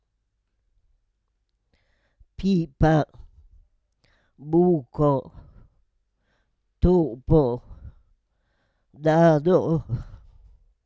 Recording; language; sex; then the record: read list of words; Italian; female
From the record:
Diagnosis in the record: Parkinson's disease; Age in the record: 78 years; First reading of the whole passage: 164 s, 3.2 characters per second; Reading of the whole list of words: 108 s, 2.6 characters per second